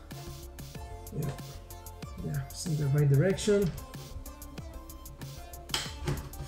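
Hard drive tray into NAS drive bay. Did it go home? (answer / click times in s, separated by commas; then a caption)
yes / 5.7 s. A hard drive in its plastic tray is slid into a drive bay of a Synology 1019+ desktop NAS and pushed home, then locked by mistake. Over background music and someone talking, one loud snap stands out at 5.7 s as the tray seats in the bay.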